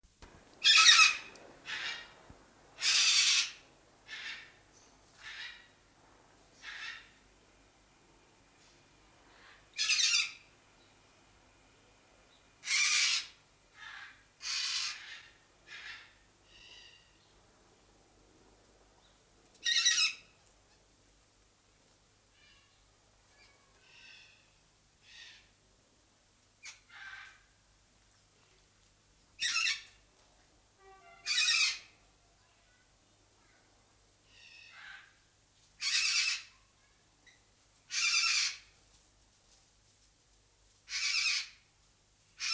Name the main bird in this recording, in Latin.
Lophochroa leadbeateri